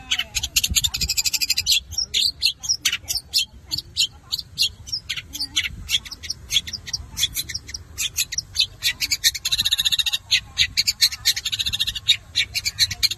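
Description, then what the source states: Long-tailed shrike singing a long, busy medley of high chirps, buzzes and rattles with hardly a pause. Combination song (kombinasi) style.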